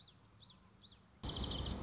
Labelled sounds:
Common Yellowthroat (Geothlypis trichas)
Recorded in Sonoma County, California

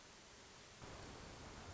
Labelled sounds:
Hermit Thrush (Catharus guttatus)
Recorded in Sonoma County, California

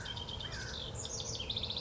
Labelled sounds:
House Wren (Troglodytes aedon)
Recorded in Sonoma County, California

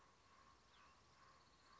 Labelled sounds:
Cassin's Vireo (Vireo cassinii)
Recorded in Sonoma County, California

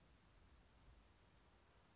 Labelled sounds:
Grasshopper Sparrow (Ammodramus savannarum)
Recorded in Sonoma County, California

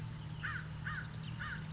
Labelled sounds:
American Crow (Corvus brachyrhynchos)
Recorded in Sonoma County, California

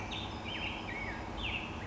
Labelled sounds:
Western Tanager (Piranga ludoviciana)
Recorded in Sonoma County, California

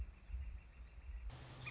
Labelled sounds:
Northern Flicker (Colaptes auratus)
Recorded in Sonoma County, California

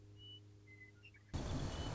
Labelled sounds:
Western Meadowlark (Sturnella neglecta)
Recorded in Sonoma County, California

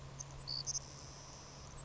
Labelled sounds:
Savannah Sparrow (Passerculus sandwichensis)
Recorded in Sonoma County, California

